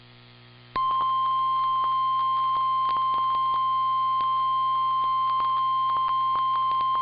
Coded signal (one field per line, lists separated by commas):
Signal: Emergency Alert System (SAME) tones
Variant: 1050 Hz attention tone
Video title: EAS: OHX Severe Thunderstorm Warning (12/18/2025)